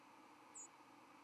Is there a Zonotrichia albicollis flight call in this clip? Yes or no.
no